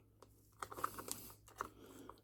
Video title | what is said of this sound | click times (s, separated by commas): Worx Trimmer changing spool. | all push it down you hear it click in here and | 0.8 s